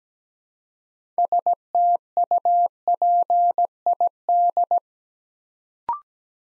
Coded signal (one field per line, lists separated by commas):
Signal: Morse code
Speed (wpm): 17 wpm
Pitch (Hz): 700 Hz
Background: none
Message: STUPID